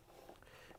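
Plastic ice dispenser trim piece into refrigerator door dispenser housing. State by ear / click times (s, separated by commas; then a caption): not seated / none. A plastic ice dispenser trim piece, part of an LG/Kenmore refrigerator ice dispenser door assembly (ABN72938905), is lined up and handled against the refrigerator door dispenser housing. Quiet, low-level plastic handling and rubbing is heard, with a faint brief tick at about 0.4 s. Nothing has seated or snapped into place yet.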